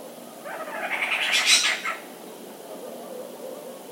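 Spotted owlet giving one harsh, screechy chattering burst lasting about a second and a half, rising in intensity then fading, over steady low background hiss.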